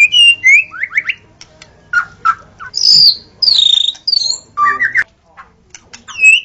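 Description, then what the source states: White-rumped shama giving loud ringing whistles and short chattered notes in separate phrases, with brief silent pauses between them. Natural song of a forest white-rumped shama.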